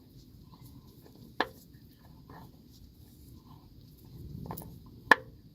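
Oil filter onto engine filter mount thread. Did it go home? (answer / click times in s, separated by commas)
yes / 5.1 s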